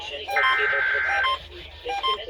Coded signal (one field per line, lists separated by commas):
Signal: Emergency Alert System (SAME) tones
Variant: header bursts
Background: speech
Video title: EAS #1004-1012: Florida Required Monthly Test for May 2022 || 5/27/22